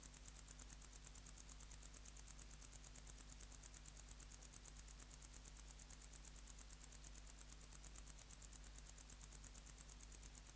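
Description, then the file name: Wart-biter bush-cricket singing in rapid, evenly spaced high-pitched clicks, continuing without pause over a faint low hum. "Decticus verrucivorus"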